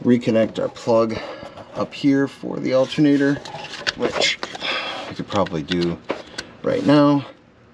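While an alternator is being reinstalled on a 2008-2016 Chrysler/Dodge minivan, the plastic wiring-harness plug is handled at the alternator as someone talks. The clip ends before the plug goes home, so nothing has seated or clicked yet.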